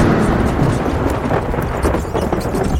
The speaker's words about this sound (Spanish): El pavoroso estruendo de un trueno estalló sobre sus cabezas